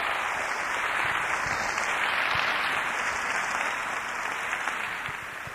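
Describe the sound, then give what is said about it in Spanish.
A crowd applauds steadily to thank two team members for their help. It is a dense wash of many hands clapping at once, holding an even, loud level throughout with no voices standing out. “Vamos a darles un aplauso a esos tremendos Quicksilver y gracias por su ayuda.”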